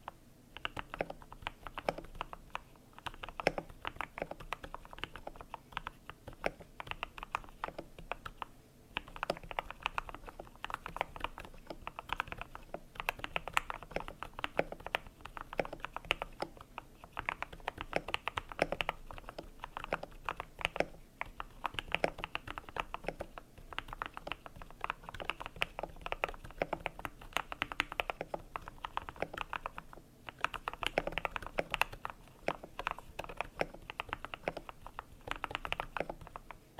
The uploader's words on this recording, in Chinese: 让你困意大增的键盘触发音合集！